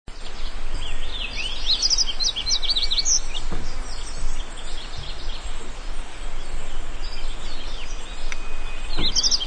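Yellow-throated bunting giving quick, high, thin chirps in a short burst early on and again at the very end, over a constant low rumble.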